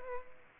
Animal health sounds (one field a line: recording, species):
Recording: mosquito wingbeat signal from an infrared sensor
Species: Aedes aegypti